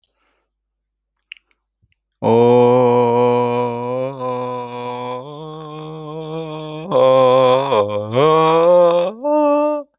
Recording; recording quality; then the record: sustained vowel as in boot; excellent, no background noise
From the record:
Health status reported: healthy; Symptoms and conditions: hypertension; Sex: male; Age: 54 years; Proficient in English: yes